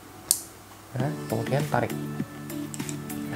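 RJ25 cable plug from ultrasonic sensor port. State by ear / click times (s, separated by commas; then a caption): released / 0.3 s. A fingertip or nail presses the plastic latch on an RJ25 cable plug in the port of an ultrasonic sensor, giving a sharp click at 0.3 s. Someone then talks over music while the plug is pulled free, and a few faint ticks follow. The latch releases and the plug comes out of the sensor port.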